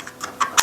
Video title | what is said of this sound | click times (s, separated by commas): RUGER PC CARBINE MAGPUL Backpacker stock ACCESSORY KIT for railed hand guard Shed almost a pound! | Oh, look at that. It actually snaps right in there. | 0.4 s